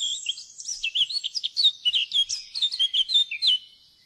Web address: fuglelyder- munk